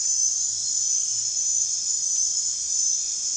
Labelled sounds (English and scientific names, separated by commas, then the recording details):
none
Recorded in dense forest near Puerto Asís, Putumayo, Colombia, on 29 June 2025 at 23:00
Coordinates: 0.468, -76.322
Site GP03